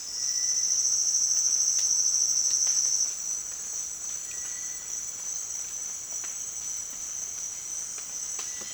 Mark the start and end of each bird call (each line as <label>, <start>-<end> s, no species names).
bird call, 0.12-0.83 s
bird call, 4.33-4.94 s